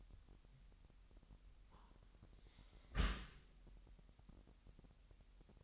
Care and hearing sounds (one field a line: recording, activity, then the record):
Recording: daily activity, microphone in the room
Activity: close dishwasher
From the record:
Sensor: 3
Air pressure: 998.2 hPa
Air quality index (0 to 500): 152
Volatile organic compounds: 5 ppm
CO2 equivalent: 1814 ppm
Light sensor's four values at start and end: 13/38/15/14 and 13/38/15/14